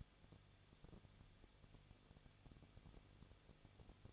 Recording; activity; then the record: daily activity, microphone in the room; no activity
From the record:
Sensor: 4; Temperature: 23.0 degrees Celsius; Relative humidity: 34.3%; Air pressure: 1007.3 hPa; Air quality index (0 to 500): 217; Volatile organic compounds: 15 ppm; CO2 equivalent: 2515 ppm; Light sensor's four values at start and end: 2/3/1/1 and 2/3/1/1